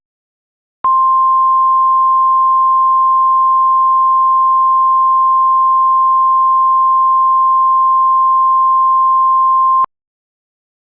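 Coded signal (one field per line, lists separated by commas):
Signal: Emergency Alert System (SAME) tones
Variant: 1050 Hz attention tone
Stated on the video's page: Real EAS alerts for the East Palestine, Ohio train derailment.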